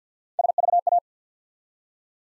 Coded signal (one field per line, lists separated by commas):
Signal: Morse code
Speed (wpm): 50 wpm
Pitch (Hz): 700 Hz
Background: none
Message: SVA